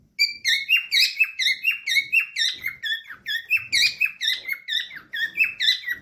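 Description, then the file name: Parrot twittering, sharp high chirps with harmonic overtones delivered rapidly and fairly evenly, with faint low knocking noises in the background. Lutino colour form. "Lutinos Dutch bride sound"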